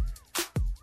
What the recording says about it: How manly is my sneeze? I just sneezed on the air. I felt like it was pretty solid. That was just a genuine sneeze.